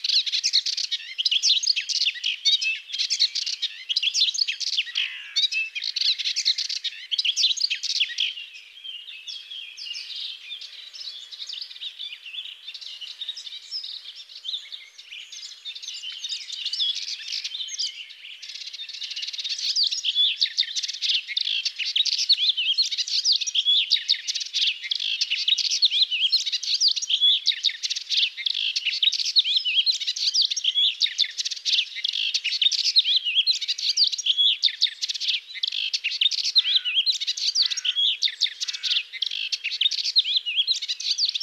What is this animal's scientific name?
Hippolais polyglotta